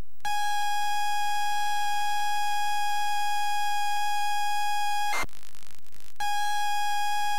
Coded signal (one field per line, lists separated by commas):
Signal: ZX Spectrum tape loading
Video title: Commodore C64 and ZX Spectrum Starwars Return of the JEDI Loading times and quick game play compare